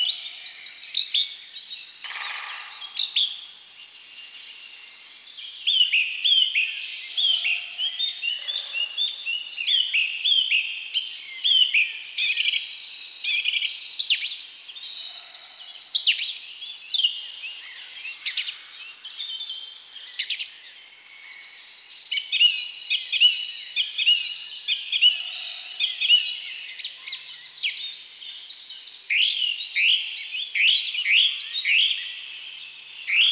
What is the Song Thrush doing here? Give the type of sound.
song